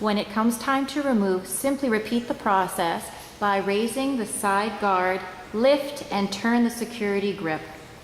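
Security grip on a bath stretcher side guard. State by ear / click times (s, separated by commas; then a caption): not seated / none. A woman talks while the security grip on the side guard of a Miranti bath stretcher lift is handled, the side guard being raised and the grip lifted and turned. No distinct handling sound stands out, and the grip has not locked into place or clicked yet.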